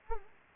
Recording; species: mosquito wingbeat signal from an infrared sensor; Anopheles arabiensis